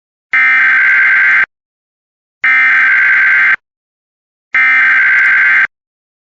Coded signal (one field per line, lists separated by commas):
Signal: Emergency Alert System (SAME) tones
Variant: header bursts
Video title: EAS: Child Abduction Emergency for Oakland, California (5/20/2025)